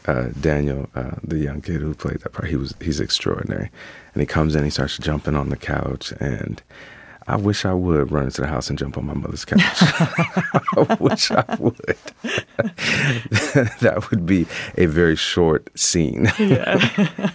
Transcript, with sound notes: Daniel, the young kid who played that part, he's extraordinary. And he comes in, and he starts jumping on the couch. And I wish I would have run into the house and jumped on my mother's couch.
(LAUGHTER)
I wish I would. That would be a very short scene.